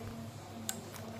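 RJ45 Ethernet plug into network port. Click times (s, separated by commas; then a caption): 0.7 s. An RJ45 plug on a LAN cable that carries internet is pushed into a network port until it seats. A sharp, short click sounds at 0.7 s, followed by a fainter tick near 1.0 s over a steady low hum. The plug is seated.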